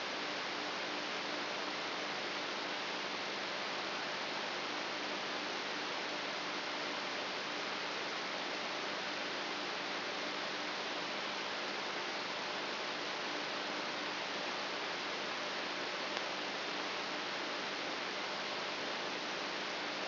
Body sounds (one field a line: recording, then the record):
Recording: brain microelectrode recording played as sound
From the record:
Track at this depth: inside the subthalamic nucleus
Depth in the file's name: 5.816 mm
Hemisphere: left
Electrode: 3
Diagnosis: Parkinson's disease